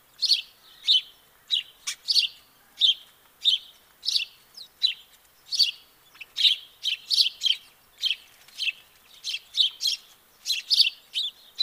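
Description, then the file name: House sparrow giving a steady run of loud, harsh chirps, some in quick pairs, throughout. "Passer domesticus"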